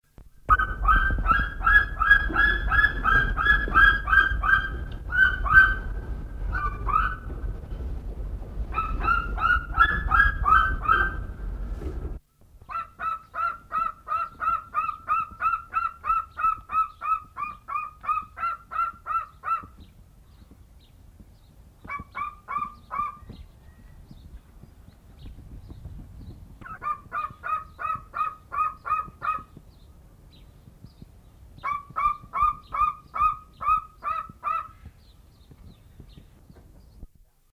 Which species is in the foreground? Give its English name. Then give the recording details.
Golden Eagle. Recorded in captivity. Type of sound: call. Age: adult. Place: Vogelpark Bad Schwartau, Schleswig-Holstein, DE. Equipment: Halbspur, 9,5 cm/s. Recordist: Lütgens, Hans. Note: Rufreihe